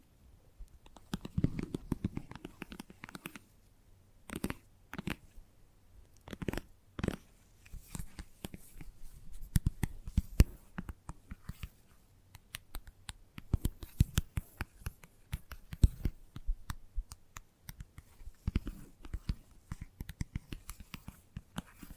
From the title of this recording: ASMR Gentle Tapping